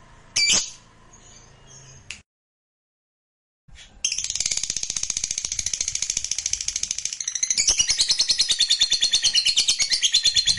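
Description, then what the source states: Lovebird song, a loud shrill note and brief chatter, a short silence, then a dense, rapid, high twittering trill building louder toward the end. Fighter lovebird singing energetically (gacor).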